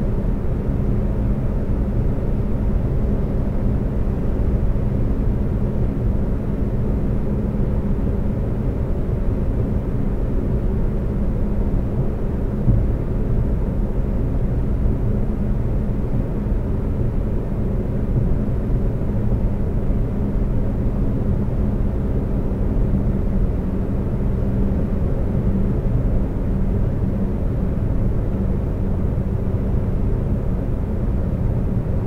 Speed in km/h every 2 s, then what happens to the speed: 129, 129, 129, 129, 129, 129, 129, 129, 129, 130, 130, 130, 130, 130, 130, 130.
0-32 steady at about 129.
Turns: none.